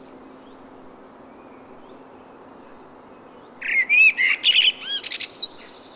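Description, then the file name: Common blackbird song, one phrase after a quiet start: fluted, slurred whistles that break into a thin, high, squeaky twitter. "Turdus merula"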